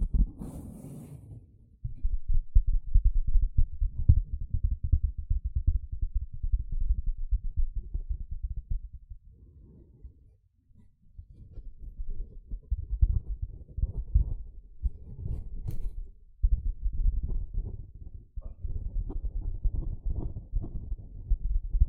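A sponge is worked over a surface, giving dense, low scratchy rubbing in long irregular bursts. A brief bright hiss opens the clip, then steady scrubbing runs with short pauses near 2, 10 and 16 seconds, some strokes crisper and squishier than others.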